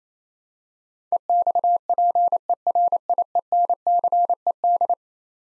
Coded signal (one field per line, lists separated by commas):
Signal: Morse code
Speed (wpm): 27 wpm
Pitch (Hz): 700 Hz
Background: none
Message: EXPERIENCED